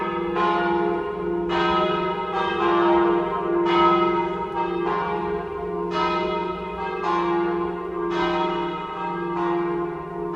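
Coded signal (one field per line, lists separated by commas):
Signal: bell signal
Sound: several church bells ringing together, overlapping strikes about every second with a long resonant hum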